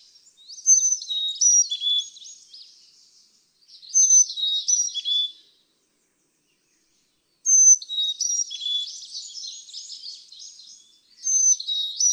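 Carolina chickadee song: clear whistled notes alternating high and low, given in phrases every few seconds over a busy background of twittering chatter.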